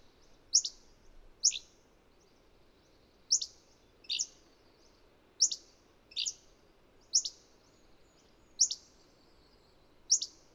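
Bird delivering crisp high chirps that fall in pitch, singly or paired, at irregular intervals of one to two seconds, with a gentle low hum.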